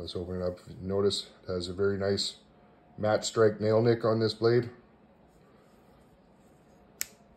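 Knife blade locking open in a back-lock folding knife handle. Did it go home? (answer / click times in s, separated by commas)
yes / 7.0 s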